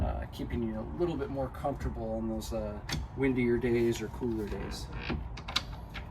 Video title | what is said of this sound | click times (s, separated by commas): 2022 Cruisers Yachts 34 GLS South Beach for sale at MarineMax Rogers Minnesota | and that just locks into place | 5.6 s